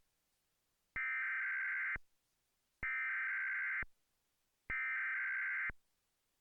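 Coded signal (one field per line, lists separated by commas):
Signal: Emergency Alert System (SAME) tones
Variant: header bursts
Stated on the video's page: Required monthly test generated on a Trilithic EASyCAST.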